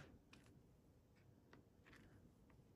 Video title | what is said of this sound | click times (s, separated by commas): Diamond Painting WIP & Chat - Dreamer Designs Twilight Flight - Diamond Art - | you hear those little clicks | 0.3 s, 1.5 s